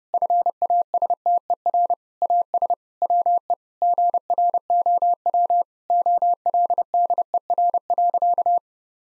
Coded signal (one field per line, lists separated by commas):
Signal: Morse code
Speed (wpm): 30 wpm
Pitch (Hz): 700 Hz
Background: none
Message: FASTER AS WE GROW OLDER.